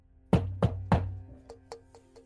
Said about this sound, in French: Et alors que vous êtes en train de vous préparer, mettre tout simplement vos vestes, ce genre de choses, hein, vous entendez toquer à votre porte.